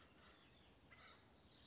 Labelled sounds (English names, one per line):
Acorn Woodpecker